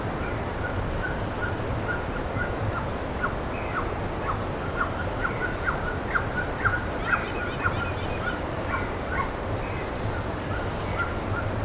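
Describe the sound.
Bird calls, a short note repeated quickly at a middle pitch, with high thin chirps from other birds over a steady low hum.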